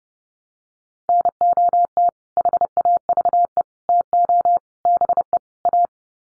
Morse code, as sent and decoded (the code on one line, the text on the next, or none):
-. --- - / .... .- ...- . / - --- / -... . / .-
NOT HAVE TO BE A